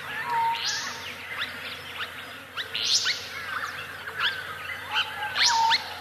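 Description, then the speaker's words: Restless Flycatcher song: buzzy, grinding upward sweeps and shorter notes, repeated throughout. Song; played recording. "Song of the Restless Flycatcher from Morning in the Australian Bush."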